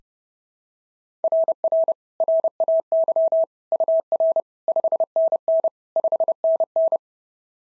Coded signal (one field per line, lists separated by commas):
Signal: Morse code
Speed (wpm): 27 wpm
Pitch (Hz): 650 Hz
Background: none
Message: RR RAY UR 5NN 5NN